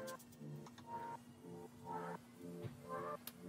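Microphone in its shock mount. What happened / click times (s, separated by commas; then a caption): The microphone mount twisted and locked into place / 3.3 s. A Warm Audio microphone (WA 87 or WA 47 Jr.) sits in its shock mount while the mount or shock-mount collar is twisted until it locks. Steady music plays in the background, with a few faint ticks near 0.7 and 0.8 s. A sharp, loud click at 3.3 s marks the mount locking into place.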